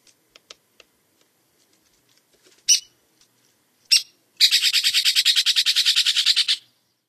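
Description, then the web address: Strickland's woodpecker giving a harsh, buzzy chattering rattle of many fast notes lasting about two seconds, preceded by a few scattered taps and two sharp single calls. "Songs of Birds of North America Stokes. Stricklands Woodpecker"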